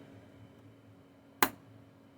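A pry tool lifts the metal bottom case of a 13-inch MacBook Pro 2020 (model A2251, EMC 3348) on the opposite side until an internal retaining clip in the chassis releases. After quiet low background hum, a single sharp click sounds at 1.4 seconds, and the bottom case clip pops open.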